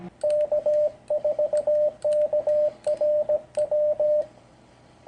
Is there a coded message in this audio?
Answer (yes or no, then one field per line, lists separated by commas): yes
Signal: Morse code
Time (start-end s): 0.2-4.2 s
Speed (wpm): 17 wpm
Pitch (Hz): 600 Hz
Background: radio noise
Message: K4KRW